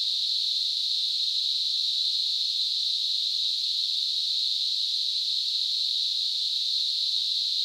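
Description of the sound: Steady, unbroken high-pitched hiss, a band centred around 3-5 kHz, unchanging throughout: a simulated tinnitus sound, like the ringing or hissing heard in the ears.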